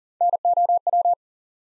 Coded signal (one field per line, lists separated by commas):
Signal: Morse code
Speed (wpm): 40 wpm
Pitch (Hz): 700 Hz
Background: none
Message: NOW